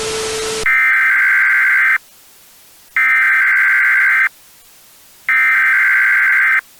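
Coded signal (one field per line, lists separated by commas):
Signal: Emergency Alert System (SAME) tones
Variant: header bursts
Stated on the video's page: Fictional analog-horror EAS scenario; nothing real was broadcast.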